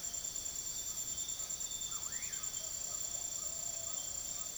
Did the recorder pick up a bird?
yes